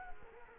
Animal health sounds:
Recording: mosquito wingbeat signal from an infrared sensor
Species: Culex quinquefasciatus

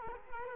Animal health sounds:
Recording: mosquito wingbeat signal from an infrared sensor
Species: Culex quinquefasciatus

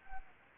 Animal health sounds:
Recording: mosquito wingbeat signal from an infrared sensor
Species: Anopheles gambiae

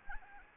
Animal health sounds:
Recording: mosquito wingbeat signal from an infrared sensor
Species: Anopheles arabiensis

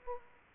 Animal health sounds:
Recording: mosquito wingbeat signal from an infrared sensor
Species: Aedes aegypti

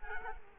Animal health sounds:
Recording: mosquito wingbeat signal from an infrared sensor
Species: Culex quinquefasciatus

